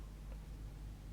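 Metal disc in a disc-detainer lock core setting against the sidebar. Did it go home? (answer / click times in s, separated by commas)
no / none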